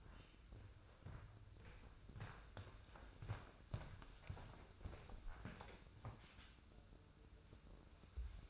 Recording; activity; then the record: daily activity, microphone in the room; walk to room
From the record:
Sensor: 2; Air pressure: 995.4 hPa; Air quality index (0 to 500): 78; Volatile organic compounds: 3 ppm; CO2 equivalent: 1382 ppm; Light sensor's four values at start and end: 23/76/30/28 and 23/75/29/28